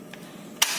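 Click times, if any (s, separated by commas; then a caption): 0.6 s. A humidifying chamber is slid onto a heating unit with its sleeve pressed down, so its adapter seals and fits into the blue socket. A faint tick at 0.1 s is followed by a sharp, loud click at 0.6 s as the chamber seats, with a brighter hiss lingering afterward.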